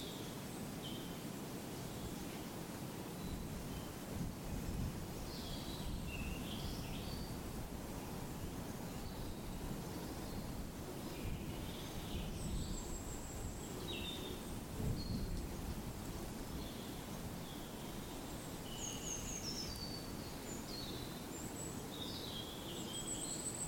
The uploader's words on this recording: Relax to spring birdsong by a woodland pool deep in the New Forest. Where the heath meets the woods by a pool, deep in the New Forest, the warm spring sun stirs many birds into song. A marsh tit sings and then a stock dove repeats its prudish crooning to a backdrop of blue tits and robins. Recorded by Fergus Collins.